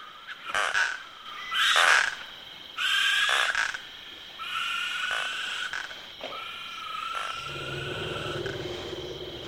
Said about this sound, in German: Ein orchestriertes Arrangement der Laute von Insekten, Fröschen und Kröten, von Tüpfelhyänen, Uhus, afrikanischen Waldkreuzen, Elefanten, Baumschliefern und in der Ferne brüllenden Löwen.